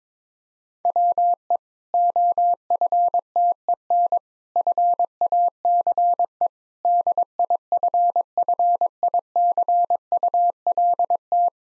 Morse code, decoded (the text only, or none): WE OFTEN FACE DIFFICULT